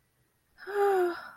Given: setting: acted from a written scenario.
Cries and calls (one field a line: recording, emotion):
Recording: vocal sound without words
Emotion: ecstasy